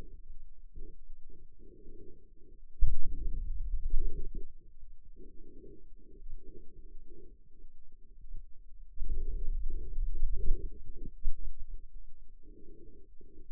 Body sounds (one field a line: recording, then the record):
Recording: forearm muscle sounds (acoustic myography)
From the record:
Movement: finger pinch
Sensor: system 2, bracelet of six BSWA MPA416 microphones around the upper forearm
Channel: 5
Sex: male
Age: 22 years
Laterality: right